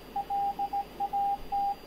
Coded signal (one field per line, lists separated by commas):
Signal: Morse code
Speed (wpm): 16 wpm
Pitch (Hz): 800 Hz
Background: radio noise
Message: LAT